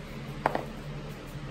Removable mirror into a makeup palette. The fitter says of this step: the mirror is magnetic and it just pops right in and you're